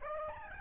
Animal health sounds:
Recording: mosquito wingbeat signal from an infrared sensor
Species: Aedes albopictus

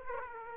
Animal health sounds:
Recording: mosquito wingbeat signal from an infrared sensor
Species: Aedes aegypti

